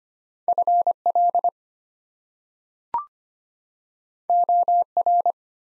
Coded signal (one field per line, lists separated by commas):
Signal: Morse code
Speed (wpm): 25 wpm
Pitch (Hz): 700 Hz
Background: none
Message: FL OR